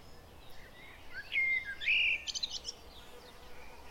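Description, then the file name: Common blackbird singing a short warbled, whistled phrase that rises into a brief high twittering flourish, over a steady background hiss. "Turdus merula"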